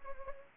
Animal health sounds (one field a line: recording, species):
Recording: mosquito wingbeat signal from an infrared sensor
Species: Anopheles gambiae